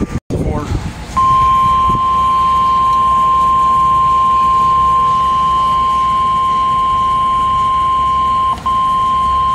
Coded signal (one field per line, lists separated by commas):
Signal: Emergency Alert System (SAME) tones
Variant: 1050 Hz attention tone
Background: speech